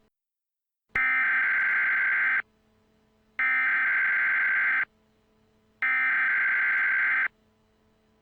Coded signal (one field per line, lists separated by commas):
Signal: Emergency Alert System (SAME) tones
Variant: header bursts